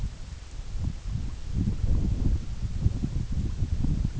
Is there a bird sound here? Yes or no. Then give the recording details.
no. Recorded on Arctic tundra, site EABA-MC, on 21 June 2019. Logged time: 20:00